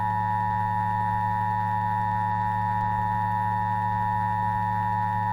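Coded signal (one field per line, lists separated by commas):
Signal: Emergency Alert System (SAME) tones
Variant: 853 and 960 Hz attention tone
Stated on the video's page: All-clear message recreated with valid EAS tones, shown on a HollyAnne character generator paired with a CEMS-1000.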